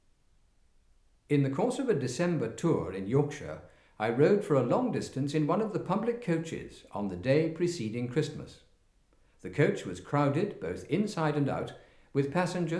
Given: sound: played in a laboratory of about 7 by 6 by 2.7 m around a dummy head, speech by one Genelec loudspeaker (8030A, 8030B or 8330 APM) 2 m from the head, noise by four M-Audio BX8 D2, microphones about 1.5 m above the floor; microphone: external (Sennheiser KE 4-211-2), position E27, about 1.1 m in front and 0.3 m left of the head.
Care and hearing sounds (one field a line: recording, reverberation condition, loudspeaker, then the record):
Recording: male speech in English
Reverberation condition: medium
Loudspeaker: in front (0 degrees)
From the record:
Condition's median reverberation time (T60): about 510 ms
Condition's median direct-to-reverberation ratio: about -0.5 dB